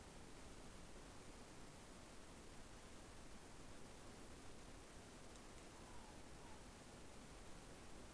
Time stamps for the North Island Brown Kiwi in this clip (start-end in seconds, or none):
none